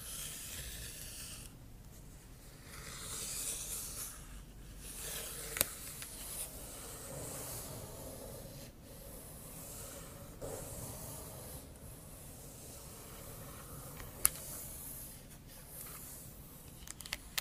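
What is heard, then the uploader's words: Scratching goes on almost nonstop, a soft, dry rubbing and rasping with brighter hissy strokes that swell and fade every second or two, broken by brief pauses. A few sharp taps stand out, near the sixth and fourteenth seconds and again at the end. Scratching & Tapping ASMR.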